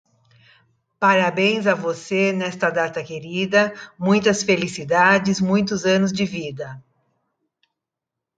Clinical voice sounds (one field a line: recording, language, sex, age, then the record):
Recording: short text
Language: Brazilian Portuguese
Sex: female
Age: 60 to 69 years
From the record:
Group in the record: control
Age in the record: 63 years